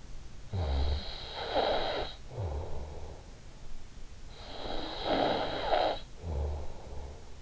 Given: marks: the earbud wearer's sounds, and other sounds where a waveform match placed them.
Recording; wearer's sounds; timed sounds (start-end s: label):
sounds in sleep by an in-ear microphone; snoring breath
0.25-3.54 s: snoring breath
4.34-7.42 s: snoring breath